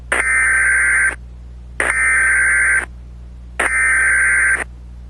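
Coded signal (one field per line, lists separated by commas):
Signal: Emergency Alert System (SAME) tones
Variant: header bursts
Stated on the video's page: Fictional EAS horror short using actual EAS tones.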